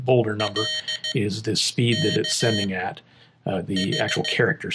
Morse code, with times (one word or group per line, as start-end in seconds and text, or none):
0.4-1.1 L
1.9-2.6 K
3.8-4.3 H